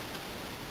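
A RAM module is handled at a motherboard memory slot, with only steady broadband hiss and no distinct click heard. The stick has not seated yet and the retention clips have not snapped closed.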